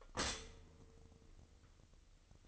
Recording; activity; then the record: daily activity, microphone in the room; stop toaster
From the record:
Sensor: 4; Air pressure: 1008.1 hPa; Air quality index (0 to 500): 108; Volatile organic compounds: 1 ppm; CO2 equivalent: 799 ppm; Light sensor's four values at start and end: 8/19/7/8 and 9/19/8/8